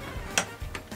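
Someone pulls the plastic lever on the back of a toy porcupine dart launcher until it clicks and latches in the cocked position. A sharp, bright click sounds at 0.4 s, followed by softer ticks around 0.8 s and 0.9 s. The lever is latched and set.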